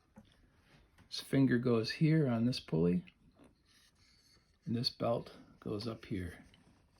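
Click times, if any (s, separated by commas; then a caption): none. A drive belt is being fitted onto the pulley of a power unit for an Addi knitting machine while someone talks, with faint handling sounds around 0.3, 1.0 and 6.5 seconds. The belt is only being handled and positioned; it has not yet clicked into the pulley groove.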